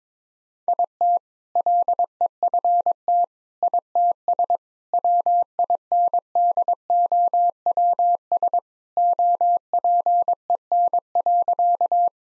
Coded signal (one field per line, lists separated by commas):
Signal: Morse code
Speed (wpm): 22 wpm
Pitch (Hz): 700 Hz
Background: none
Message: IT LEFT ITS WINDOWS OPEN.